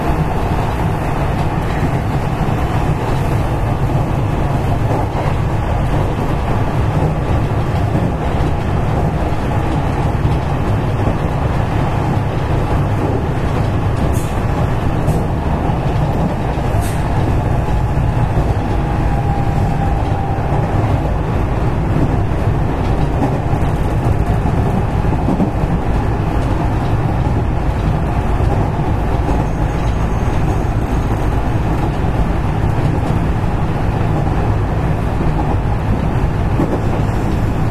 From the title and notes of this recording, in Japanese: JR西日本207系0番台(F1編成) JR神戸線普通 尼崎から神戸まで。It is running sound of JR West Japan Series 207 train.I recorded on the local train of Kobe Line.The section is from Amagasaki to Kobe.西日本旅客鉄道 207系電車の走行音です。